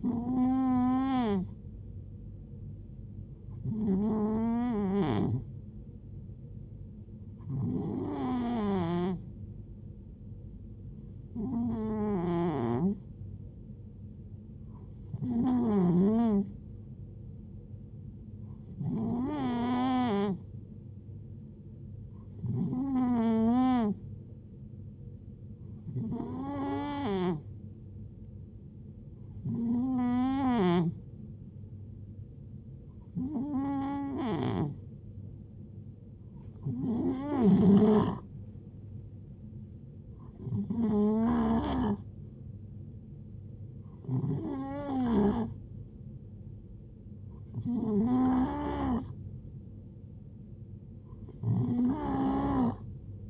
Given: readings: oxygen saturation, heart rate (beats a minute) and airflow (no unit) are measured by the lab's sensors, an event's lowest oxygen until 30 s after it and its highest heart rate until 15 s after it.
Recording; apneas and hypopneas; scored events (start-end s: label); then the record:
breathing in sleep by a smartphone at the bedside; none
none scored
From the record:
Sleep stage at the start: N2 (light sleep); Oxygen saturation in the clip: 90 to 92%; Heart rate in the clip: 63 to 74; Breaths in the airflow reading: 14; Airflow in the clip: -5.3 to 4.3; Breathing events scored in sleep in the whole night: 389 in 6.3 hours asleep